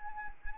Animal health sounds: mosquito wingbeat signal from an infrared sensor; Anopheles arabiensis

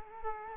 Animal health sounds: mosquito wingbeat signal from an infrared sensor; Culex quinquefasciatus

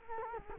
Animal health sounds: mosquito wingbeat signal from an infrared sensor; Culex quinquefasciatus

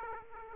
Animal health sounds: mosquito wingbeat signal from an infrared sensor; Aedes aegypti

